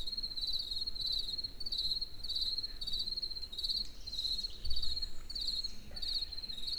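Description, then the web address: Crickets give regular high chirps, each a quick trill, evenly spaced through a faint background rumble. Crickets in a forest in the evening near Egerturistaház. "tucsok. erdoben estavolbanugatokutyak egerturistahaz"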